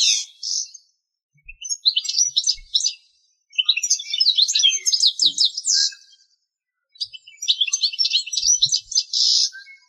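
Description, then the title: Bird song in four bursts of quick, high twittering chirps and trills, separated by short silences, with a few faint low knocks beneath. "LuckyPassaros CompletosSama"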